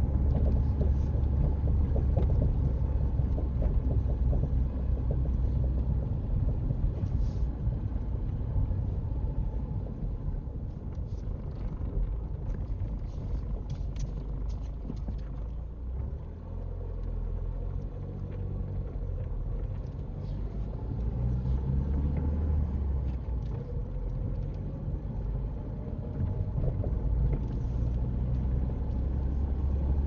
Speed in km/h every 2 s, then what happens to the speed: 26, 23, 21, 21, 18, 15, 3, 2, 3, 10, 16, 16, 19, 23, 26.
0-13 slows to 2. 13-15 standing. 15-30 pulls away to 26.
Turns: none.